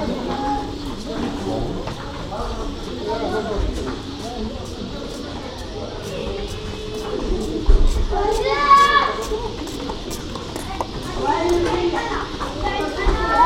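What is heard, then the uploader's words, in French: Near the Baouakhir mosque, a steady murmur of overlapping voices, including children's chatter, with brief brighter outbursts around eight seconds and faint clicks. Près de la mosquée Baouakhir. Essaouira.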